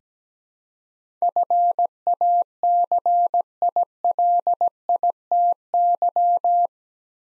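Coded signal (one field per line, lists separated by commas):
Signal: Morse code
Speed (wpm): 17 wpm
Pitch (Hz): 700 Hz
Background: none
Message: FACILITY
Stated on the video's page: Morse head-copy practice of eight-letter words at 17 wpm, each sent, spoken, then sent again.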